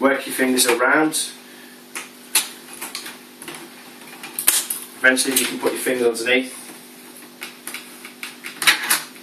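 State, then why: Released. Fingers work around the plastic screen bezel of a laptop display lid, prying it off as its plastic clips (male parts) pop out of their sockets (female parts). Sharp clicks sound at 2.4, 4.4 and 4.5 seconds as the clips release, with more small clicks later while someone talks. The bezel clips come free.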